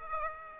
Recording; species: mosquito wingbeat signal from an infrared sensor; Aedes aegypti